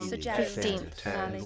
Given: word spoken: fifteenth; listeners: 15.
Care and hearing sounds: one English word in noise, from a listening test; four-talker babble; -1.9 dB; 3 of 15; 11 of 15; 1.06 s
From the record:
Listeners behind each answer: 11, 3, 1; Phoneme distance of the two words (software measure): 65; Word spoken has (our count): 2 syllables, 7 phonemes, stress on syllable 2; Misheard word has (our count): 2 syllables, 6 phonemes, stress on syllable 2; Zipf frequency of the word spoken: 1.95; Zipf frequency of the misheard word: 4.63

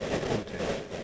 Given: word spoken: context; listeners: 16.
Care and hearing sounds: one English word in noise, from a listening test; noise modulated by three-talker babble; -6.2 dB; 1 of 16; 7 of 16; 0.64 s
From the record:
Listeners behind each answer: 7, 1, 1, 1, 1, 1, 1, 1, 1, 1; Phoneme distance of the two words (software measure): 17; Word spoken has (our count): 2 syllables, 8 phonemes, stress on syllable 1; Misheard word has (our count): 2 syllables, 7 phonemes, stress on syllable 1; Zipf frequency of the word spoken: 4.28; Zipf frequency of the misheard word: 4.22

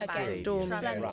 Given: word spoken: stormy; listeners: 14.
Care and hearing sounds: one English word in noise, from a listening test; four-talker babble; 0.2 dB; 1 of 14; 6 of 14; 0.72 s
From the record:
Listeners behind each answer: 6, 4, 2, 1, 1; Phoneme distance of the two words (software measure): 7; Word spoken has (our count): 2 syllables, 5 phonemes, stress on syllable 1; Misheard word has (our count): 1 syllable, 4 phonemes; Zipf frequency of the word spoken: 3.55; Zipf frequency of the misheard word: 4.46

